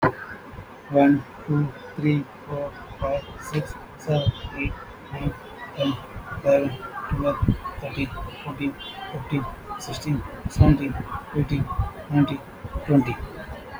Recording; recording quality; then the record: counting at a normal pace; excellent, no background noise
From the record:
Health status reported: healthy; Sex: male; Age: 43 years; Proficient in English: yes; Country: India